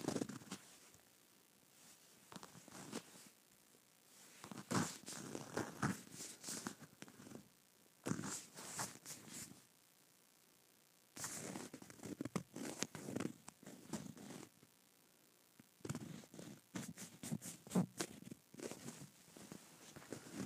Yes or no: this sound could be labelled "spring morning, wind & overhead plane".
no